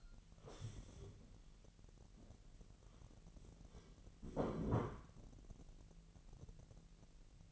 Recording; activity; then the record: daily activity, microphone in the room; stand up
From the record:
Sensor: 4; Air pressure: 1002.7 hPa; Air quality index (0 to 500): 250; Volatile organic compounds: 33 ppm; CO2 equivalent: 3017 ppm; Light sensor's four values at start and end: 10/24/10/10 and 10/24/10/10